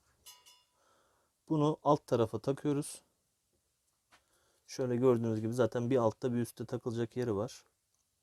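Someone talks while fitting the wire cable coming from above into its mount on the lower side of the slider of a Peugeot Partner / Citroën Berlingo manual window regulator, repaired with a cable made from bicycle brake wire because no new part was available. A few faint light clicks are heard at the very start, followed by two stretches of talking in a quiet setting. Nothing has seated or clicked yet by the end of the clip.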